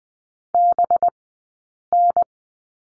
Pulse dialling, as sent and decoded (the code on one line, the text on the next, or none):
none